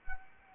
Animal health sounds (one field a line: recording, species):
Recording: mosquito wingbeat signal from an infrared sensor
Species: Anopheles arabiensis